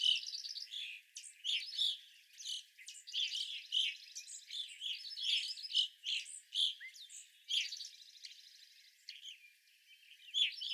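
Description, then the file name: Evening grosbeak flock chatter, many sharp chirps overlapping in continuous rising and falling waves of calling. Recorded 25 April 2021; several evening grosbeaks. "2021-04-25 Evening Grosbeaks"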